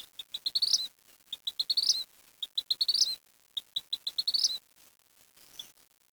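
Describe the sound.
Bird giving high, sharp chirps that speed up and end in a rising twitter, the phrase repeated four times in quick succession.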